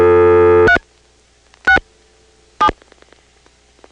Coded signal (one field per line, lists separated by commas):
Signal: DTMF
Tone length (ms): 90 ms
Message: 3 6 7